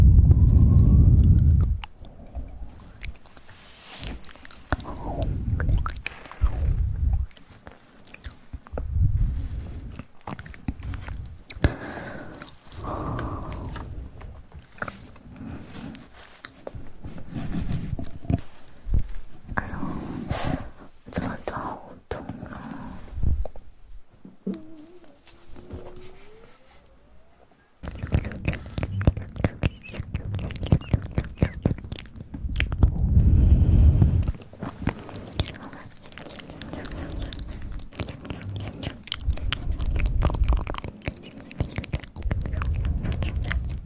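Fast mouth sounds of wet clicks, smacks and chewing-like pops come in dense, irregular bursts, with heavy low thumps at the start and again around 30–36 seconds. The sounds thin out and grow quieter near 25–28 seconds before picking back up.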